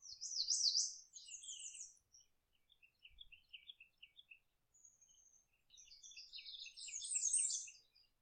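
Bird singing a loud rapid zigzag warble, then softer chattering twitters and short notes, ending in a dense bright jumble of high phrases.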